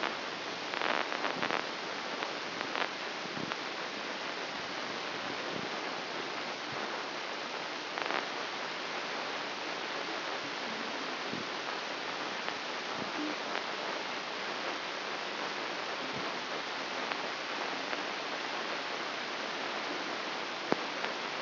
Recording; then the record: brain microelectrode recording played as sound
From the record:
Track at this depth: inside the subthalamic nucleus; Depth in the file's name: 6.305 mm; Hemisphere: left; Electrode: 3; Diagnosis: Parkinson's disease